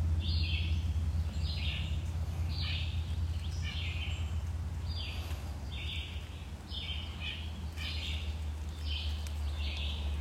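Birds sing in a jungle at dusk, one bright call repeating roughly every half second to second in a steady, regular rhythm. Beneath it runs a constant low hum and rumble, with a dense wash of insects and forest sound throughout.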